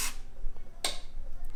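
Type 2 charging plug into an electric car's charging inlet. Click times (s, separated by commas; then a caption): 0.9 s. A Tesla Generation 1 Type 2 wall-charger plug is pushed into the charging inlet of a 2021 MG ZS EV, with a brief burst of handling noise at the start and faint rustles. A loud, sharp click rings out at 0.9 s as the plug seats, followed by soft ticks. A light then starts flashing to show charging is working.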